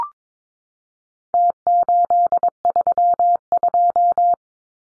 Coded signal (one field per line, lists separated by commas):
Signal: Morse code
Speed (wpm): 22 wpm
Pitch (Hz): 700 Hz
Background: none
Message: T832